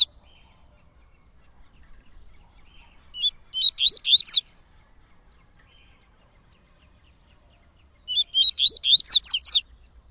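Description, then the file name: Coleiro-baiano repeating its whistled song phrase twice, about five seconds apart, each a quick series of rising notes ending in high twitters. Singing a lot; tui-tui song style. "Coleiro Baiano Cantando Muito Canto Tui Tui"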